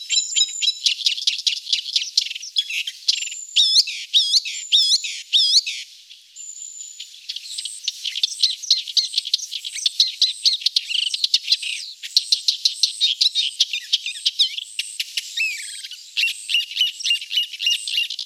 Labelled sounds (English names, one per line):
Thick-billed Warbler song